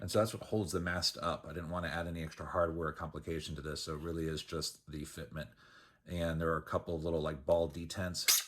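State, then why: Not seated. A printed plastic mast with a ball-spring detent is handled in its printed mast mount while someone talks. No extra hardware is used, only the fit holds the mast up. Nothing has seated or clicked yet.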